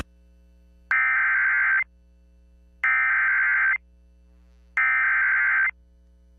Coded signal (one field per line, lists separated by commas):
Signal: Emergency Alert System (SAME) tones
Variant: header bursts